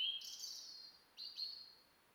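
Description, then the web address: European robin song, two high thin warbled phrases, the first long and sliding, the second short and trilled after a brief pause; quiet background. "SETE Erithacus rubecula"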